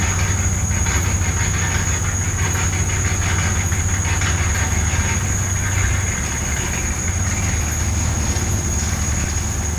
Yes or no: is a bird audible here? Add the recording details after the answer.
no. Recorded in pastures near Puerto Asís, Putumayo, Colombia, on 20 December 2024 at 17:00. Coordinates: 0.466, -76.322. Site G040